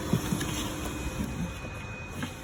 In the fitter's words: make sure it clicks into place just like that under those tabs see